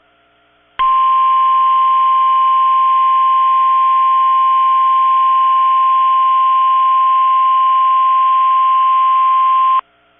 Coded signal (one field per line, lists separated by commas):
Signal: Emergency Alert System (SAME) tones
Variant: 1050 Hz attention tone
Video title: EAS 1853-1859 (5/21/22)